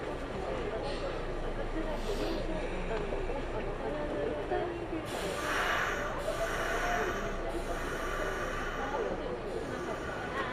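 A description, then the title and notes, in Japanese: A local train on the Kintetsu Nagoya Line runs steadily, with a constant low rumble filling the whole clip. A murmur like a voice drifts through the middle, and from about five seconds on, bright hissing swells come at roughly one-second intervals over the running noise. 近鉄名古屋線 普通 近鉄名古屋→蟹江。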